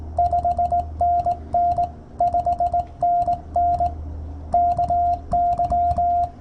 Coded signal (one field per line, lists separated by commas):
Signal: Morse code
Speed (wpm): 20 wpm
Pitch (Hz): 700 Hz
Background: radio noise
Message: 5NN 5NN KY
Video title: POTA in CW at K-3792 29Sep2023